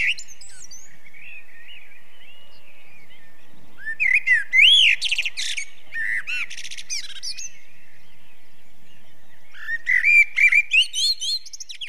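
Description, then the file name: Common blackbird song: separated bursts of whistled and twittering phrases, with a quiet pause between each burst and no other clear sounds. Song described in Slovenian as žvrgolenje, meaning warbling. "Kos-žvrgolenje"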